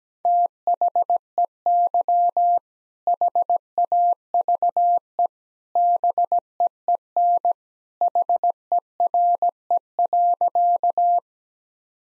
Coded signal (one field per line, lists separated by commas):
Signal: Morse code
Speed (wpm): 17 wpm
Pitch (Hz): 700 Hz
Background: none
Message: THEY HAVE BEEN HERE.